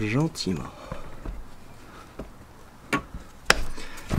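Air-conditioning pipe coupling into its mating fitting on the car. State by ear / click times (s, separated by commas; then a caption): seated / 3.5 s. Someone talks while an air-conditioning pipe end is pushed gently into its mating fitting on the engine bay connection of a Peugeot 407, 508, 607 or Citroën C5. After a few small knocks, one very sharp, loud, short click at 3.5 s marks the coupling snapping home and seating.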